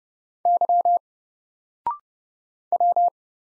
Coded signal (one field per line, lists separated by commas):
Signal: Morse code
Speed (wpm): 30 wpm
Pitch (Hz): 700 Hz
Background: none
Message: Y W